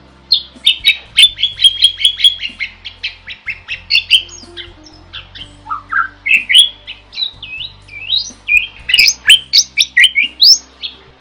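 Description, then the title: Bird song beginning with a quick stuttering trill of chirps, followed by varied squawky and whistled notes in rapid bursts, with a faint hum. Masteran recording made for training songbirds. "Master Burung Jos"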